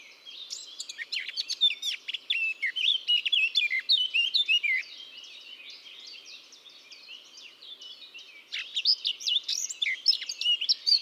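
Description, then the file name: Eurasian blackcap song, long stretches of fast scratchy warbling with a quiet pause in the middle, then another rapid chattering burst. "Sylvia atricapilla"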